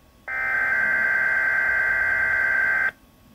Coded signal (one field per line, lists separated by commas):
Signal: Emergency Alert System (SAME) tones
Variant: header bursts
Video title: XLF322 Winter Storm Warning (EAS #5)